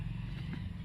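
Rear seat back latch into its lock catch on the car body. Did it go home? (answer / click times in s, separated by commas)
no / none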